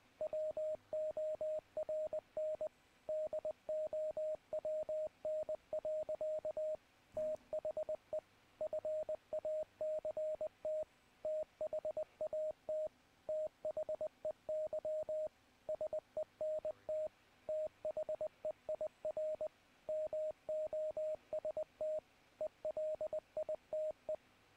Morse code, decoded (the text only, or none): WORN DOWN. THE FACT THAT THEY SENT THEIR MOST ELITE